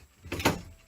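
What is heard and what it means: The entry door of a shuttle bus RV conversion is pulled shut by its locking handle, drawing the door latch in. A rising rumble is followed by two sharp clicks at 0.3 and 0.5 seconds as the latch pulls in and catches, seating the door.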